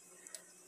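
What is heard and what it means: A fishing line swivel is brought up into the small loop of a homemade automatic hook setter made from a safety pin, with the line passed through the loop. It seats with two short, sharp ticks at 0.3 s and 0.3 s (0.27 s and 0.35 s), the second slightly louder, over a quiet steady background hiss.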